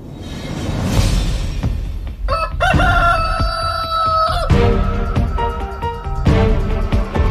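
A loud, drawn-out rooster crow rises over a busy, noisy background of fowl, followed by rapid clucking and cackling that continues to the end.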